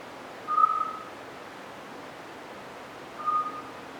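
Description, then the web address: Eurasian scops owl call: two pure whistled notes at steady mid pitch, each about half a second long and about two and a half seconds apart, over faint background hiss. "Ocells Autillo europeo"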